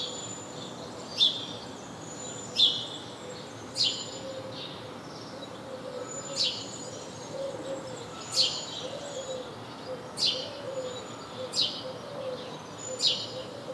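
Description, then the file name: House sparrow calling with single sharp chirps repeated roughly every one to three seconds, against a constant low hiss. "Passer domesticus"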